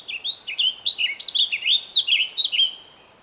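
Bird song: a rapid run of about fifteen sweeping, slurred whistled notes, high-pitched and bright, jumping up and down in a lively, jerky phrase lasting about three seconds.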